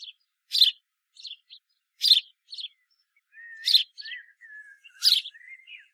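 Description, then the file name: House sparrow with four loud harsh chirps and quicker soft notes, and a wavering thin whistle in the second half. "Passer domesticus"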